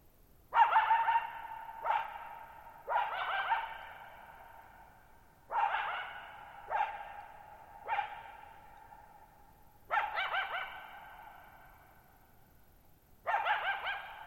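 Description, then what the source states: Coyote barking in a steady series of harsh, echoing barks, some doubled, with long reverberation filling the gaps. Lone coyote, night of July 14, 2019, Thirtymile Meadows, Okanogan National Forest, Pacific Northwest, 6400 ft; shallow-bowl meadow on dry high plateau, boggy ground, very low noise.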